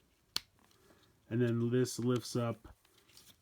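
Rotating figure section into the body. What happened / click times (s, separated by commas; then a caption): A plastic part snapped into place / 0.4 s. A plastic section of a Transformers Siege Generations Selects Target Exclusive Voyager Class Red Wing figure is lifted, rotated back around and pushed into the body, giving a sharp snap at 0.4 s as it seats. Someone then talks.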